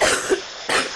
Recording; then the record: coughing mixed with background sound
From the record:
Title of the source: 34 coughing up crap again